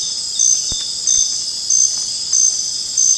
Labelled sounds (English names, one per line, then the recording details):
none
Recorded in secondary vegetation near Puerto Asís, Putumayo, Colombia, on 27 June 2025 at 20:00
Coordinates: 0.484, -76.319
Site G074